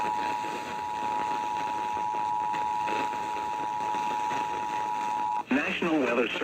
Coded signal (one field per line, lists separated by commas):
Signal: Emergency Alert System (SAME) tones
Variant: 853 and 960 Hz attention tone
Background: speech